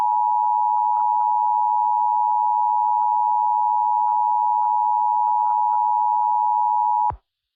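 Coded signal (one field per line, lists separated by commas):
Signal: Emergency Alert System (SAME) tones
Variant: 853 and 960 Hz attention tone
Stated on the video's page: Simulated EAS scenario for a tornado.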